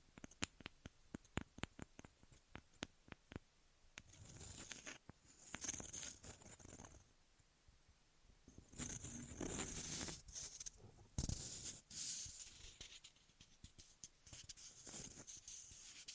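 Ear massage and cleaning sounds begin with a run of sharp, quick taps for about four seconds. Then come longer bursts of bright rubbing and scraping, loud around five to six seconds and again from nine to twelve, with a sudden crisp crackle near eleven seconds.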